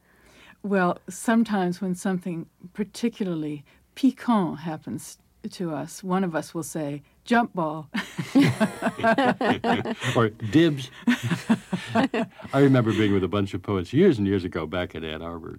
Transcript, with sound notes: Well, sometimes when something particularly piquant happens to us, one of us will say, "Jump ball."
(LAUGHTER)
Or, "Dibs." I remember being with a bunch of poets years and years ago back at Ann Arbor.